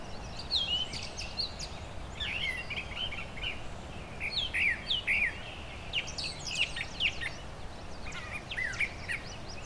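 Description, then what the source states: Brown Thrasher mimicry song, clusters of buzzy, chattering and whistled notes in bouts of a second or two with gaps between, steady background noise throughout. Mimicry song held longer per imitated phrase than a mockingbird's, slower tempo with gaps between bouts; parkland meadow with shrubs and tall trees used as song perches.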